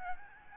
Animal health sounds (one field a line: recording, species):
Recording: mosquito wingbeat signal from an infrared sensor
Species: Aedes albopictus